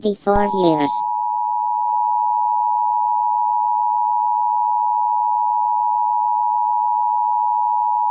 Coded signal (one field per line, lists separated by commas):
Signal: Emergency Alert System (SAME) tones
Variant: 853 and 960 Hz attention tone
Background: speech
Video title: Caillou Hacks the Emergency Alert System (Haha... Again!) - Go!ToeNails